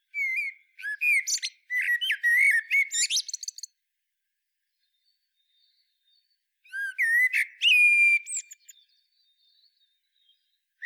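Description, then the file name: Eurasian blackbird song, a long rich fluting phrase with scratchy high flourishes, then a pause and a second shorter whistled phrase ending in a thin note. "Turdus merula"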